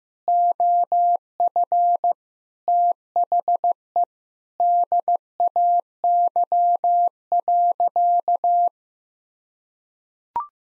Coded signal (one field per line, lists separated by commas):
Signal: Morse code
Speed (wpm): 15 wpm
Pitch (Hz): 700 Hz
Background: none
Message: OF THE DAY.